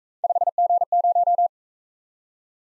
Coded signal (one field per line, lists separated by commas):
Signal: Morse code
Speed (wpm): 41 wpm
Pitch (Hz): 700 Hz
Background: none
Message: 5G0